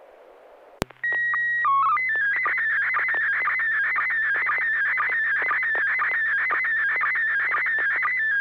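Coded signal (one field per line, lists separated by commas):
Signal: SSTV (slow-scan television)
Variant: PD 120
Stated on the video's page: SSTV net on a 441.300 MHz FM repeater in Sacramento, sent with MMSSTV software.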